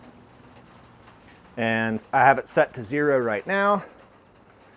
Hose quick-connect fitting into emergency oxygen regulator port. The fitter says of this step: That clicks into place.